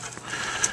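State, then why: Seated. A steel snap ring is pushed onto the differential side yoke shaft of a C2 or C3 Corvette differential. After a faint tick at about 0.2 s over steady background hiss, a sharp metallic click at 0.6 s marks the ring popping into its groove, and it is seated.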